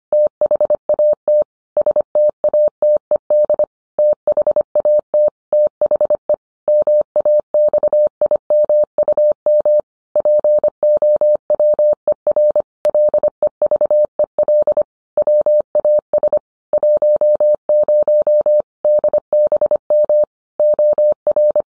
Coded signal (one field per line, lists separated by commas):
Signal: Morse code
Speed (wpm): 25 wpm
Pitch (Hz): 600 Hz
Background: none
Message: THAT STATED THAT THE MAXIMUM POWER LEVEL WAS 10 DBM OR